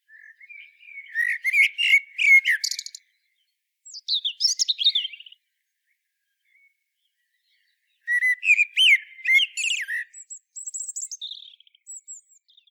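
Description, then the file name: Common blackbird singing in phrases: mellow warbled notes mixed with bright, scratchy twitters, three phrases separated by short silences. "Turdus merula"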